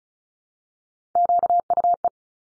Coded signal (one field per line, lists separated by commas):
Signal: Morse code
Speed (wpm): 34 wpm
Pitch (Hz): 700 Hz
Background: none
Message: QUE